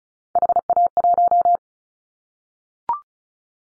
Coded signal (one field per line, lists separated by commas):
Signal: Morse code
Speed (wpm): 34 wpm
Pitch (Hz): 700 Hz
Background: none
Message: HA1